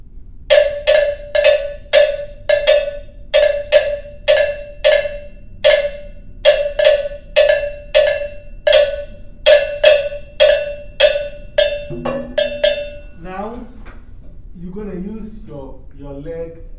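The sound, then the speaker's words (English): A bell is struck about two dozen times in a steady, bright, ringing rhythm, each hit a clear mid-high tone. After the bell stops, a person starts talking. “Okay, let's do the bells so that at least both of us on the same page.”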